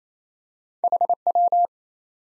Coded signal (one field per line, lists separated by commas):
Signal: Morse code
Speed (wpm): 28 wpm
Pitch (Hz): 700 Hz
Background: none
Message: HW